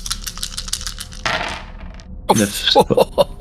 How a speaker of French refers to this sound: Ça sent la trituration de dés, ça.